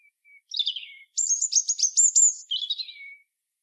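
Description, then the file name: European robin song with a thin opening note, a brief warble, a fast run of very high repeated notes, then a descending twittering close. "Erithacus rubecula"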